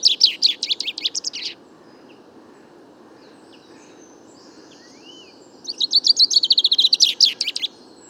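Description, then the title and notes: Common chaffinch song: two bright, rapid trilled phrases, one at the start and one after a four-second pause, with a faint rising whistle between them. Bois de Vincennes, France, 16 February 2019; first song of the year; fine weather; song confused, weaker than typical, small babbles; courtship song towards nearby females; Nagra Seven, Wiltronic parabola, mono. "Premier Pinson des arbres 2019. Bois de Vincennes - 16 février 2019-Nagra seven - Parabole Wiltronic mono: mon premier chant de Pinson des arbres (Fringilla coelebs) enregistré en 2019"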